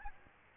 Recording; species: mosquito wingbeat signal from an infrared sensor; Aedes aegypti